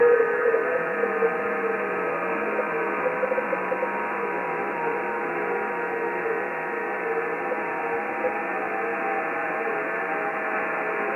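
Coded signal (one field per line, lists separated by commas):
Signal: FT8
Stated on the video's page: FT8 audio sent live from a TS590S radio to the PC.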